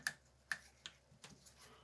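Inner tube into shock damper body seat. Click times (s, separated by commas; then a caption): 0.1 s, 0.5 s. During a service of a 2020 Fox DHX2 Factory Series mountain bike rear shock, the damper's inner tube is pushed by hand into its seat inside the damper body, with oil already present. Two sharp snaps at 0.1 s and 0.5 s mark the tube seating, followed by a softer tick at 0.9 s and a faint knock at 1.2 s. The tube is reported seated, though whether it went fully home is uncertain.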